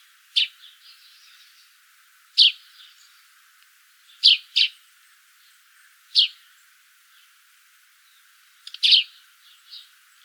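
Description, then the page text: Eurasian tree sparrow giving short, bright chirps, single or in quick pairs, spaced about every two seconds with quiet gaps between. "Volker Arnold - Полевой воробей (Passer montanus)"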